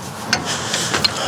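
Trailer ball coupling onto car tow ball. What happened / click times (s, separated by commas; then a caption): The trailer coupling latched onto the tow ball / 0.3 s. A trailer's ball coupling is lowered onto the tow ball of a Tesla Model 3 and secured. A sharp metallic hit sounds at 0.3 s as the coupling latches and seats on the ball, followed by smaller knocks over a steady background hum.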